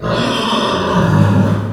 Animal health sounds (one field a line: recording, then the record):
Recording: squeal of a Yucatan mini pig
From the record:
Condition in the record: after surgery on the right vocal fold (resection and tissue-engineered implant)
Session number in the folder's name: 15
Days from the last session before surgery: 175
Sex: female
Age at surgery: 19 weeks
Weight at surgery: 25 kg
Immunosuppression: prednisolone